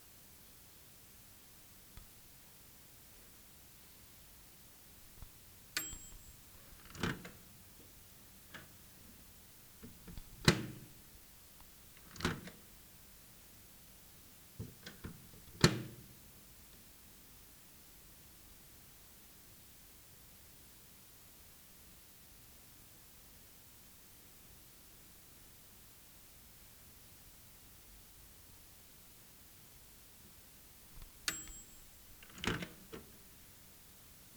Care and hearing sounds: daily activity, guitar pickup as the sensor; use microwave

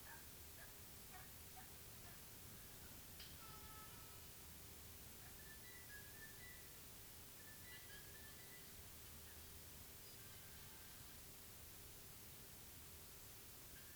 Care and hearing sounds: daily activity, guitar pickup as the sensor; browse video

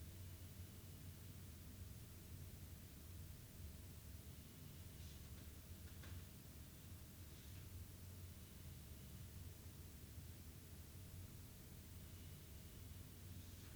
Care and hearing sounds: daily activity, guitar pickup as the sensor; sit

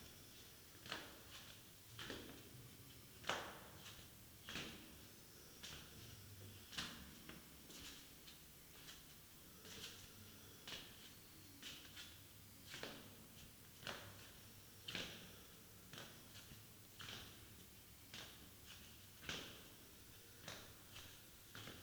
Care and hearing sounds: daily activity, guitar pickup as the sensor; go downstairs

